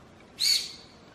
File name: 臺灣長鬃山羊